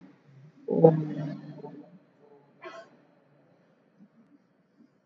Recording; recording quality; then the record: sustained vowel as in boot; poor, much background noise or distortion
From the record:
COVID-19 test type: RT-PCR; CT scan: not taken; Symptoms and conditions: cough, cold, breathing difficulty, another respiratory illness, hypertension, diabetes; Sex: female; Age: 55 years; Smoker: no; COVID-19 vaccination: none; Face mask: not worn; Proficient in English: yes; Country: India